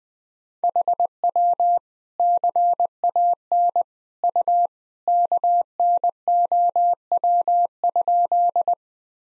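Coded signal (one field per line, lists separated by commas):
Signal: Morse code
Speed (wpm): 21 wpm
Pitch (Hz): 700 Hz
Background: none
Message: HW CAN U KNOW?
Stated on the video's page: Morse drill at 20 wpm of sentences from the top 100 words and abbreviations, each sentence sent, spoken, then sent again.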